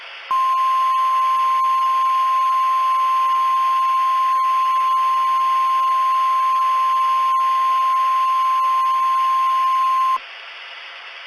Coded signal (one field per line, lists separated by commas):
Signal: Emergency Alert System (SAME) tones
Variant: 1050 Hz attention tone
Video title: (EAS Remake): 3/1/2014 LA Tornado Warning